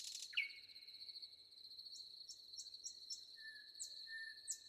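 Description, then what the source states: Common nightingale song: a sharp upslurred note, soft high whistled notes and a long faint whistle, with a constant high-pitched cricket trill throughout. Recorded with wind and crickets.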